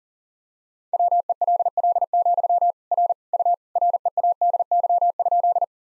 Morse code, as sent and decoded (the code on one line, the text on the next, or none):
.-- . .-.. .-.. --..-- / .-. / ..- / .-. . .- -.. -.-- ..--..
WELL, R U READY?